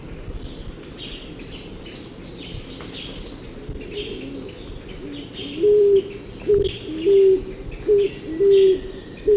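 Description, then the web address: Scaled pigeon cooing: six low, hollow coos in a steady run in the second half, over a steady high insect whine. Ecuador. "Birds of Ecuador. Scaled Pigeon"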